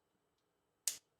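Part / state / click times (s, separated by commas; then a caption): plastic micro brick sections joining into a tower model / seated / 0.9 s. Two assembled sections of a plastic micro-brick Eiffel Tower model are pressed together, and after earlier attempts that did not snap, they finally click home. A single sharp, bright snap lands at 0.9 s against near silence, with only faint ticks before it. The sections are seated.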